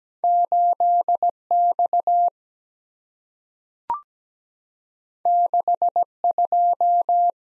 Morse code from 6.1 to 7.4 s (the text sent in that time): 2